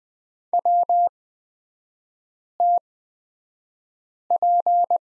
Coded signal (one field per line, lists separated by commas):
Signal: Morse code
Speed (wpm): 20 wpm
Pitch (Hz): 700 Hz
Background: none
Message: WTP